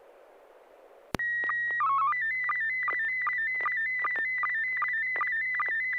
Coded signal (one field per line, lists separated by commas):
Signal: SSTV (slow-scan television)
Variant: PD 50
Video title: N6NA SSTV Net - 12/17/2025